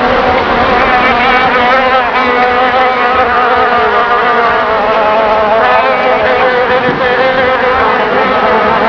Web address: Key Multimedia Greetings Soft Key clpmedia soundfx animals flies